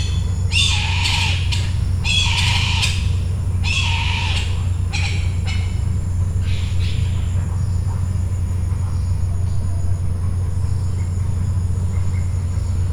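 Bird in a series of harsh, grating squawks early on, then only a low steady hum.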